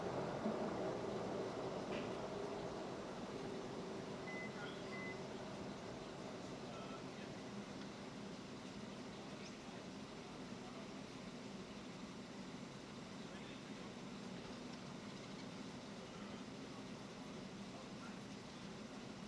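A city street's steady background roar, dense and even throughout with a low rumble of traffic and a broad hiss on top. Faint brief chirps and clicks surface near the start, around two seconds, while the overall level stays constant.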